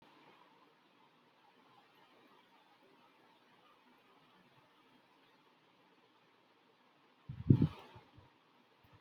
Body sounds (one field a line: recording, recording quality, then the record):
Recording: shallow breathing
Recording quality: excellent, no background noise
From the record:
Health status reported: healthy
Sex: male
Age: 37 years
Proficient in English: yes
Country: India